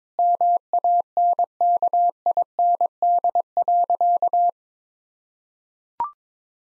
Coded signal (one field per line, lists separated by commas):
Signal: Morse code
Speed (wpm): 22 wpm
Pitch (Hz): 700 Hz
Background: none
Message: MANKIND.